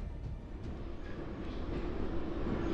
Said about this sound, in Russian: Ночные поезда. Они ходят редко, часто пустые, объявляя станции в безлюдных вагонах. Они разборчивы. Отнимают одиночек у ночного города. Берут только тех, кому позади не осталось места. И везут, везут, везут.